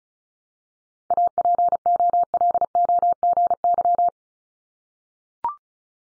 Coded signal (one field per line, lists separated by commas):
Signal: Morse code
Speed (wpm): 36 wpm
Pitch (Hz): 700 Hz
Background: none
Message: APOLOGY